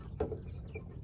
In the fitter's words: you got to hook it till it snaps